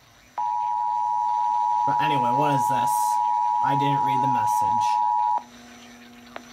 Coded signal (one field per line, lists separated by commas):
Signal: Emergency Alert System (SAME) tones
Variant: 853 and 960 Hz attention tone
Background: speech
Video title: EAS 139 BOSTON SPECIAL MARINE WARNING